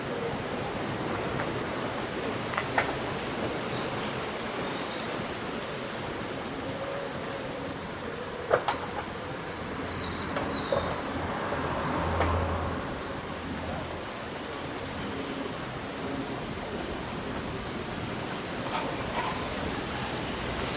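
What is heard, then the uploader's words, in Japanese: Leaves rustle steadily in a summer breeze, a dense, even hiss throughout. A few short, high bird chirps appear around 4 and 10–11 seconds, and sharp knocks land near 3 and 8.5 seconds. A low rumble swells briefly between 10 and 13 seconds. そよ風の吹く夏の日、ざわめく葉と鳥のさえずり。リズミカルなハンマーの音と時折のおしゃべりが、葉擦れの音や鳥のさえずりに溶け込みます。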